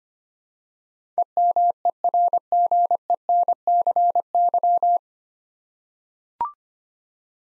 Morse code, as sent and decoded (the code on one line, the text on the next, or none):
. -- . .-. --. . -. -.-. -.--
EMERGENCY